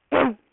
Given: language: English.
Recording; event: throat vibration sensor signal played as sound; throat clearing